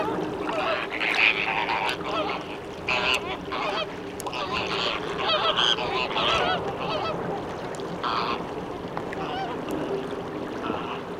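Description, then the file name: American flamingo flock calling, a dense chorus of nasal goose-like honks overlapping continuously, with sharper higher notes breaking through now and then. "Utrennie golosa - Krasnyj flamingo flamingo"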